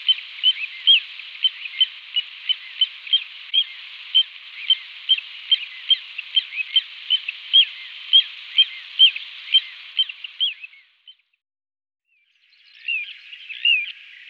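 Little ringed plover calls: a long run of high, piping notes repeated rapidly, a short pause, then a few more notes.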